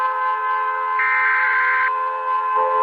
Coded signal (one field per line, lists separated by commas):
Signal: Emergency Alert System (SAME) tones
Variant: header bursts